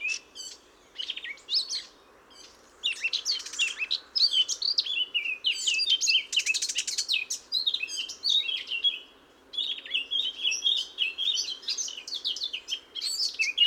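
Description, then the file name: Eurasian blackcap song, bursts of chattering, scratchy warbling mixed with clear whistled notes, separated by a few short pauses. "Sylvia atricapilla"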